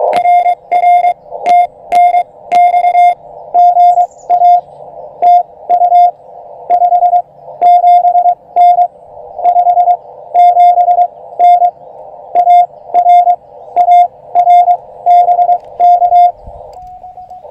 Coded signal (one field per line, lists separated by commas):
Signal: Morse code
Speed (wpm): 22 wpm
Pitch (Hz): 710 Hz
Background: radio noise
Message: RR TNX GA TU 57N 57N AR AR BK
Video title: POTA Parks on the Air Activation CW Morse Code Practice US 1940 Caesar Creek State Park Ham Radio